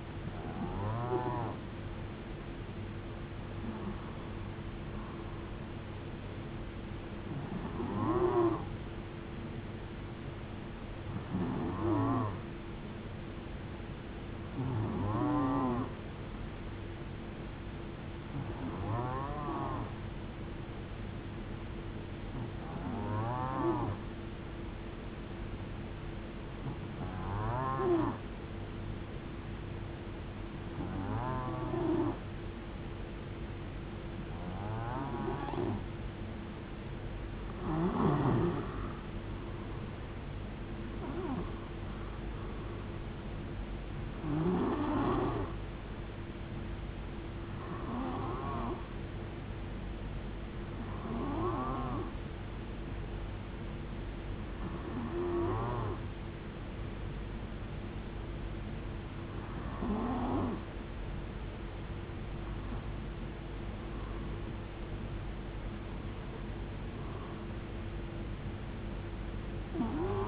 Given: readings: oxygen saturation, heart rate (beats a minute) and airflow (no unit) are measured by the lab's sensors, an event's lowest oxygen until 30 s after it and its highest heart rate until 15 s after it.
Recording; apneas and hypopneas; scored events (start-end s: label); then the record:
breathing in sleep by a voice recorder at the bedside; 2
20.00-41.30 s: hypopnea (N1, oxygen 93% highest, then 91% lowest, heart rate 74 at the start, 76 highest)
26.00-56.00 s: new sleep stage, N2 (light sleep)
50.00-65.00 s: hypopnea (N2, oxygen 92% highest, then 91% lowest, heart rate 72 at the start, 80 highest)
56.00-70.28 s: new sleep stage, N1 (lightest sleep)
From the record:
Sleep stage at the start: N1 (lightest sleep); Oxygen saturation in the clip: 91 to 93%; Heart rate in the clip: 64 to 80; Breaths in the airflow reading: 19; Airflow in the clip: -6.9 to 6.9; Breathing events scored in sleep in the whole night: 389 in 6.3 hours asleep